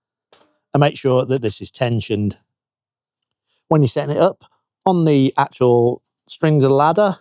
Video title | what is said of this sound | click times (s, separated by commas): Henchman Fully Adjustable Tripod Ladder Review 2025 - Best Gardening Ladder for Uneven Ground? | and then just slide the leg in and clip this into place. | 0.3 s